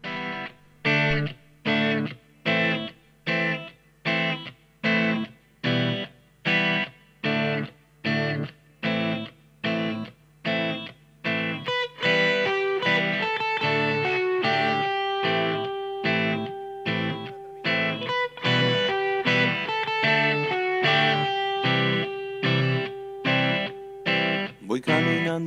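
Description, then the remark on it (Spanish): A rock song with loud, distorted guitar chords hammered in a steady staccato rhythm, then opening into a fuller, sustained wall of sound with ringing melodic lines over it. “Y vamos a escuchar una canción completa”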